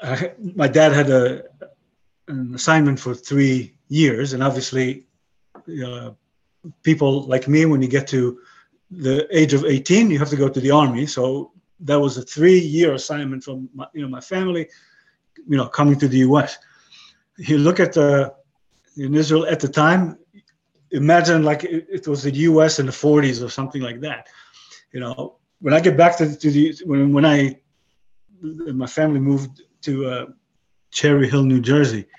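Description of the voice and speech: A man speaks in bursts broken by frequent pauses, some close to two seconds, with restarts and revisions such as "when I get back to the… when I… my family moved" and some awkward word choices. These pauses and false starts fit mild aphasia after a stroke.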